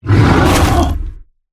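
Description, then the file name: Bear roaring: one rough, deep growling roar lasting just over a second, then silence. "medved"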